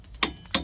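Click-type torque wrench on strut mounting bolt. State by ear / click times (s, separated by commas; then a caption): torque reached / 0.2 s, 0.6 s. A click-type torque wrench with an 18 mm socket tightens the strut-to-knuckle bolts on the front suspension of a 2009 Ford Escape to 85 ft-lb. Two sharp, bright clicks ring out at 0.2 s and 0.6 s over a quiet background. Each click shows the wrench reaching its setting, confirming the bolts are torqued.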